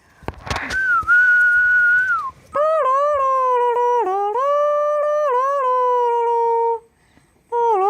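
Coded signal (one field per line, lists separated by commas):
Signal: whistled language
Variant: Jingrwai Lawbei, Kongthong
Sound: a few long sustained hummed or whistled tones with gentle pitch bends and dips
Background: small room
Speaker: പറഞ്ഞില്ലേ ഈ വില്ലേജിന് ഒരു പ്രത്യേകത ഉണ്ടെന്ന് അത് ഇതാണ് അതുകൊണ്ടുതന്നെ ഈ വില്ലേജ് അറിയപ്പെടുന്നത് വിസ്ലിം വില്ലേജ് എന്നാണ്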